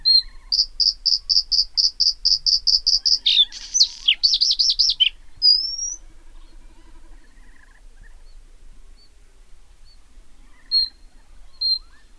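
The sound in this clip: Bluethroat song opening with a fast series of ringing high notes, then a burst of harsh buzzy and slurred phrases, followed by quiet with a few faint high notes.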